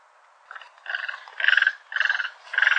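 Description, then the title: Great egret uttering rasping, guttural croaks that build from a faint start into three or four loud, rough pulsed notes. "LuckyPassaro Completos2Sama. Great Egret (Ardea alba)"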